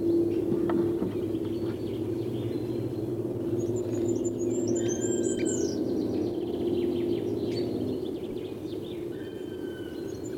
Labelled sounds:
Goldcrest (Regulus regulus)
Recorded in the wild
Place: Groß Nemerow, Mecklenburg-Vorpommern, DE
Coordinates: 53.448, 13.219
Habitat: Forest
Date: 1982-03-24
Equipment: Nagra III BH, Sennheiser MD 21, parabola
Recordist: Schubert, Michael

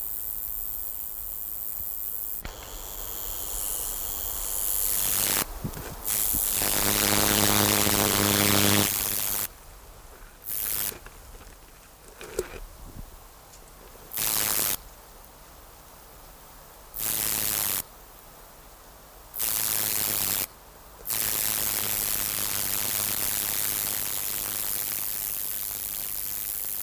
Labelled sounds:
Roesel's Bush-cricket (Metrioptera roeselii) stridulation
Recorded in the wild
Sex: male
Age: imago
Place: Mühlenbecker Land, OT Summt, Brandenburg, DE
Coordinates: 52.7, 13.3667
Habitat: heath
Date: 1990-08-12 13:58
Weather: warm and humid, sunny, 28°C
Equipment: Marantz, Sennheiser ME 80
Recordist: Tembrock, Günter

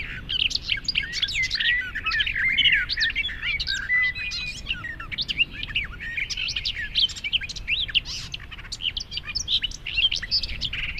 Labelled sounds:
Garden Warbler (Sylvia borin) song
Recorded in the wild
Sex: male
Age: adult
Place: Hobrechtsfelder Rieselfelder, Naturpark Barnim, Berlin, DE
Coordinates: 52.6653, 13.4686
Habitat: decidous forest
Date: 2013-05-19
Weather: sunny, weak wind, 15°C
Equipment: Sound Devices 702, Sennheiser MKH 70, Rycote Windschutz
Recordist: Frommolt, Karl-Heinz

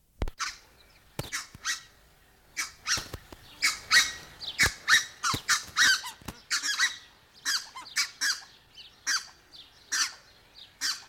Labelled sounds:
Red-breasted Goose (Branta ruficollis) call
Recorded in captivity
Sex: diverse
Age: adult
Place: Zoo Berlin, Berlin, DE
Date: 1992-05-09 12:27
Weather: wolkig, 11-14°C
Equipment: Nagra SN, Mikrofon AKG CK 8, Kopie Tesla B 116
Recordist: Tembrock, Günter
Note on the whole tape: Gruppe: Hauptrufe und andere Laute (mit Vorwärtsdrohen und "Hetzen")

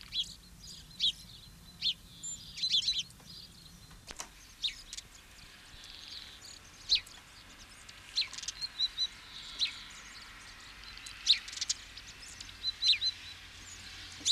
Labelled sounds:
Great Tit (Parus major) call
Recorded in the wild
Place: Oberstdorf, Bayern, DE
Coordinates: 47.4483, 10.2961
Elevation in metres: 857
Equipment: Uher 4000 Report
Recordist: Tretzel, Erwin

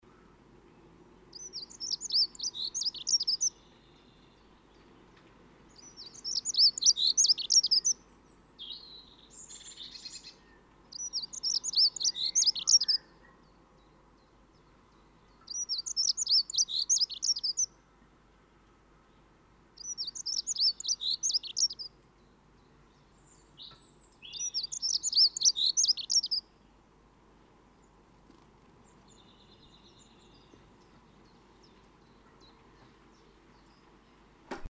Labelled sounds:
Dunnock (Prunella modularis) song, Common Chiffchaff (Phylloscopus collybita)
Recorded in the wild
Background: Phylloscopus collybita
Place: Kaiserslautern, Rheinland-Pfalz, DE
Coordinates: 49.4247, 7.77889
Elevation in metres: 279
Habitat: garden
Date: 1981-06-10
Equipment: Nagra IV
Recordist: Tretzel, Erwin
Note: Aufnahme Juni 1981, Garten, Kaiserslautern: Gesang

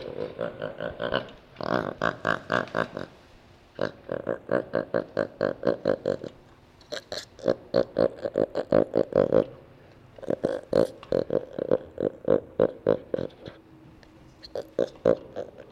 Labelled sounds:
Jaguar (Panthera onca)
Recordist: Tembrock, Günter
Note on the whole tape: Stoßlaut und Devensivlaut der Mutter (Anfang und Ende der Aufn), dann Laute ein Junges (viereinhalb Wochen alt)

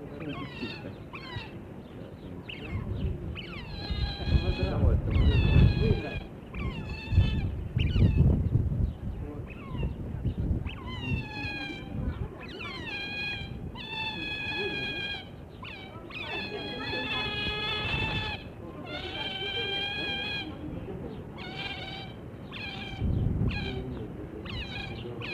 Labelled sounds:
European Otter (Lutra lutra) call
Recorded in captivity
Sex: male
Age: juvenile
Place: Tierpark Berlin, Berlin, DE
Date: 1963-04-07
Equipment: Minifon, Kopie Smaragd
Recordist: TSA
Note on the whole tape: halbwüchsig, Männchen: diverse Lautformen

